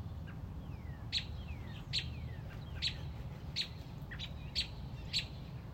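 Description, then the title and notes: Robin giving sharp, high chirps repeated roughly every second, with fainter thin notes between them over a steady low rumble. Mother robin on a front porch protecting a newly hatched chick. "A Mother Robin’s Love. Stubbled upon a Mother Robin on our front porch. Protecting a newly born baby Robin"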